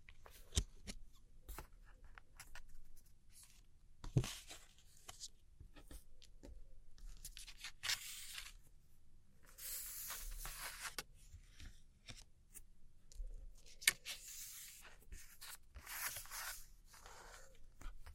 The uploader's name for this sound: Tracing And Gentle Scratchy Tapping On Old Postcards